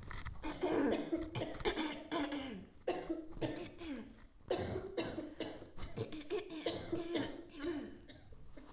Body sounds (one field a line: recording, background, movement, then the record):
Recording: throat clearing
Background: a bystander coughing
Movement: sitting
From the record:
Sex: female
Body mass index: 18.3 kg/m2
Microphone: on the chest, facing outward